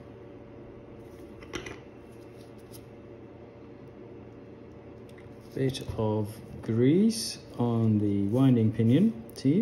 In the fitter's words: give it a nice even firm press in the center like that until you hear a click